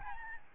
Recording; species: mosquito wingbeat signal from an infrared sensor; Aedes albopictus